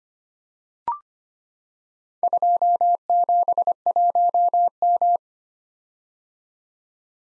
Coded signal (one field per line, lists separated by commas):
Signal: Morse code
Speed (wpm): 25 wpm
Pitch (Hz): 700 Hz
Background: none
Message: 271M